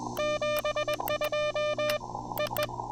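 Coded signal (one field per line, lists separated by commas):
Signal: Morse code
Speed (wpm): 25 wpm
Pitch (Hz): 590 Hz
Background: music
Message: 72 EE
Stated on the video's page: QRP CW park activation at 5 watts, sent with paddles on an Elecraft KX2 into a Packtenna Mini end-fed half-wave antenna.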